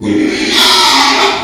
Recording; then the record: squeal of a Yucatan mini pig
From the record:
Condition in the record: after surgery on the right vocal fold (resection and tissue-engineered implant); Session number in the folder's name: 2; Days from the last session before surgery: 13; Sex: male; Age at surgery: 12 weeks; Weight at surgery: 13 kg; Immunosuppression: cyclosporine, prednisolone